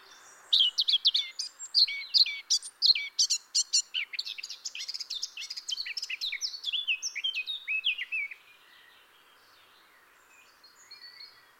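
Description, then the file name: Eurasian blackcap song: a long run of fast varied warbling lasting about eight seconds, then quiet. "Sylvia atricapilla"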